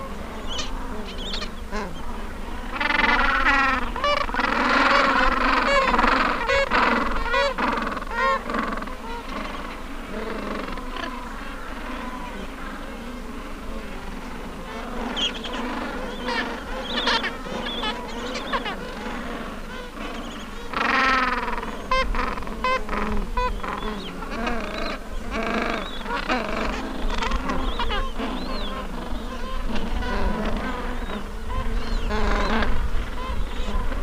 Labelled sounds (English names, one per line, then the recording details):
Gentoo Penguin
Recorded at the colony at Sea Lion Island, on 19 December 2014
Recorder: Song Meter SM2+